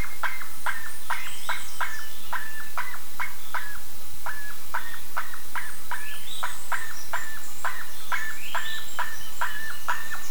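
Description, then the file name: Bird calls: short sharp notes with a steady tone near the top, repeated rapidly and unevenly, about two per second, with faint high chirps. "SABIOD 50 bird 2015"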